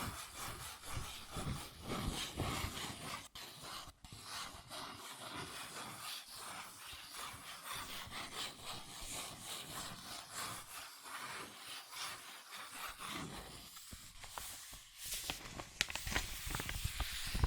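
Cardboard and paper are rubbed and scratched in a continuous, dense stream of dry friction, with quick strokes overlapping one another. Brief pauses occur near 3 and 4 seconds, and sharper taps and scrapes cluster around 14 to 16 seconds.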